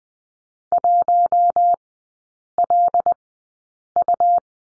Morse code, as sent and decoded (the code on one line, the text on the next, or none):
.---- .-.. ..-
1LU